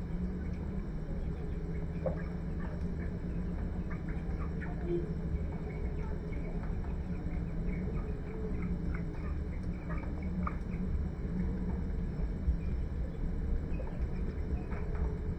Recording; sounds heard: poultry house recording; healthy chickens